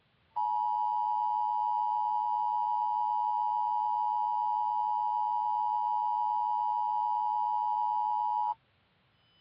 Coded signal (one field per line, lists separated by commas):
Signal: Emergency Alert System (SAME) tones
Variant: 853 and 960 Hz attention tone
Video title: Grass Valley (Scrapped EAS Scenario)